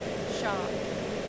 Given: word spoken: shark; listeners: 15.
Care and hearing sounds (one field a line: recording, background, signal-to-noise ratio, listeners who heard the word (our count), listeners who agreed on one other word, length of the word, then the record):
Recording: one English word in noise, from a listening test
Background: speech-shaped noise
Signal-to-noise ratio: -5.2 dB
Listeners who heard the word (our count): 2 of 15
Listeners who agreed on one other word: 12 of 15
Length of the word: 0.88 s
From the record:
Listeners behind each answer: 12, 2, 1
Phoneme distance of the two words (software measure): 10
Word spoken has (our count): 1 syllable, 3 phonemes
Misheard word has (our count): 1 syllable, 3 phonemes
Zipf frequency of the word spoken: 4.17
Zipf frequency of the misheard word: 4.55